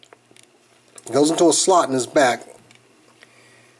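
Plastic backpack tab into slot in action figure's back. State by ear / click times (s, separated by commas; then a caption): partly seated / 3.2 s. A collapsed plastic backpack tab is pushed into a slot in the back of an action figure. Someone talks from about 1.1 to 2.4 s, and small handling ticks are heard around the speech. The tab partly clicks into the slot at 3.2 s.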